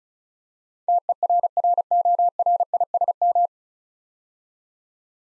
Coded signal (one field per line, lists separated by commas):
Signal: Morse code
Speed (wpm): 36 wpm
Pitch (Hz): 700 Hz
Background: none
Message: TERRORISM